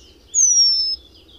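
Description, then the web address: Eurasian penduline tit giving one thin, high whistle that slides gently downward, with a faint low hum in the background. "agykontroll Madardalok Cd 3. Függőcinege"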